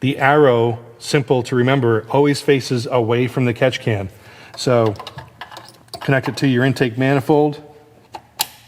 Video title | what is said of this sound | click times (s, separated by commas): New Catch Can for 2025 F150s from UPR Products! | You know it's on there when you have that nice satisfying click. | 8.4 s